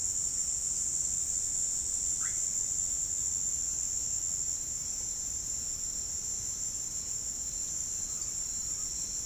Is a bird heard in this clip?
yes